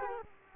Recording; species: mosquito wingbeat signal from an infrared sensor; Culex quinquefasciatus